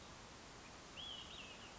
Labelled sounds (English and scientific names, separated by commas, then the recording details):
Olive-sided Flycatcher (Contopus cooperi)
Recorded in Sonoma County, California